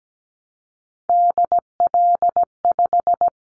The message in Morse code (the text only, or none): DL5